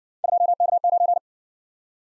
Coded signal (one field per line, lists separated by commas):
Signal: Morse code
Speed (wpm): 54 wpm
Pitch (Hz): 700 Hz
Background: none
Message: 2K9